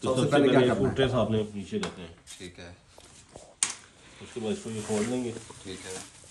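Someone talks while preparing to unfold a folding wheelchair, first lowering the footrest and then starting to open the frame, with handling noises and a brief sharp knock at about 3.6 s. The clip ends before the wheelchair frame locks open; nothing has seated or clicked yet.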